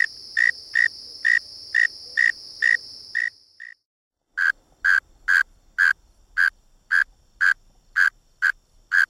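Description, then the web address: Northern mole cricket chirping in even, short bursts about twice a second, with a steady high buzz beneath the first part, then a brief silence before the chirps resume. "The Songs of Insects. Northern Mole Cricket"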